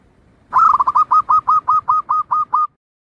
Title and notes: Kupulan Burung Perkutut. burung perkutut yang bisa digunakan untuk memaster